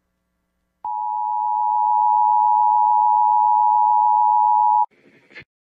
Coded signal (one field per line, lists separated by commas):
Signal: Emergency Alert System (SAME) tones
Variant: 853 and 960 Hz attention tone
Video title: Thursday Weekly and Monthly Tests (EAS #10010-10022) 3/2/23